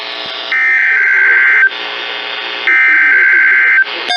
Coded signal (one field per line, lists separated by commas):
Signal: Emergency Alert System (SAME) tones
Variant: header bursts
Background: speech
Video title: **LATE**... Marching with the EAS... EAS Alerts from 3/4/2020-3/25/2020 (EAS #303-309)